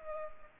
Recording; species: mosquito wingbeat signal from an infrared sensor; Culex pipiens